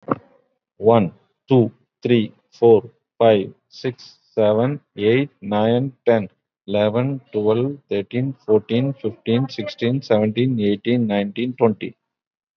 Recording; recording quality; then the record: counting at a normal pace; excellent, no background noise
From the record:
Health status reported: COVID-19 positive, moderate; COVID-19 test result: positive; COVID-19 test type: RT-PCR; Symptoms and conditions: cough, cold, breathing difficulty, fatigue, muscle pain, diabetes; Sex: male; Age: 53 years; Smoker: no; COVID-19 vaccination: one dose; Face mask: worn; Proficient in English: no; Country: India